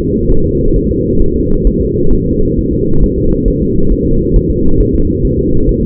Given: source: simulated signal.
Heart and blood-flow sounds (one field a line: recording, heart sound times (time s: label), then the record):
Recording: fetal heart sounds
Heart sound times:
0.01 s: S2
0.31 s: S1
0.46 s: S2
0.76 s: S1
0.90 s: S2
1.22 s: S1
1.36 s: S2
1.67 s: S1
1.81 s: S2
2.13 s: S1
2.27 s: S2
2.58 s: S1
2.73 s: S2
3.03 s: S1
3.18 s: S2
3.48 s: S1
3.62 s: S2
3.92 s: S1
4.06 s: S2
4.36 s: S1
4.50 s: S2
4.80 s: S1
4.95 s: S2
5.25 s: S1
5.39 s: S2
5.69 s: S1
5.83 s: S2
From the record:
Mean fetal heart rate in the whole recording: 135 bpm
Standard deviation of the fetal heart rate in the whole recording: 3 bpm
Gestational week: 36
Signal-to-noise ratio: -17.7 dB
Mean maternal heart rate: 72 bpm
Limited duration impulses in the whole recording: present